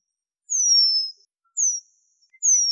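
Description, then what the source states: Eurasian penduline tit calls: three thin, high whistles, each sliding gently downward, the first long, the second short, on a quiet background. Recorded in Slovenia.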